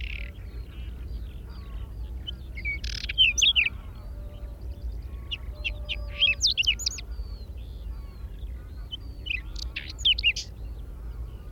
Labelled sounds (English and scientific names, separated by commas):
Whinchat (Saxicola rubetra) song